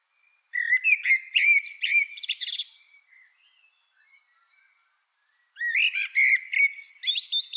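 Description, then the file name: Common blackbird singing two phrases about five seconds apart, each a rich low warble mixed with squeaky, chattering high notes, with near silence between them. "Turdus merula"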